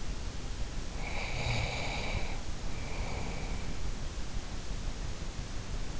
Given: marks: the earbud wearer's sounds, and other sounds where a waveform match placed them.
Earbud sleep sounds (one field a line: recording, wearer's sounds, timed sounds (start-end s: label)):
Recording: sounds in sleep by an in-ear microphone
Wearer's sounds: breath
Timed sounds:
0.93-4.11 s: breath